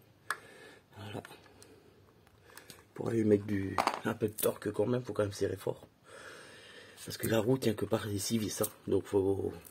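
While refitting an electric scooter wheel, the metal axle nut is tightened with the washer in place, possibly with a torque wrench, and a single sharp click sounds at 0.3 s, followed by a few faint ticks. Someone then talks, explaining that the nut must be tightened hard because the wheel is held only by the nuts.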